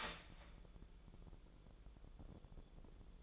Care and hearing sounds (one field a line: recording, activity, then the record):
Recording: daily activity, microphone in the room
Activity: start toaster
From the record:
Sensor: 5